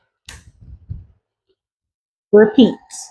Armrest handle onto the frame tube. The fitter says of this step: until you hear a click.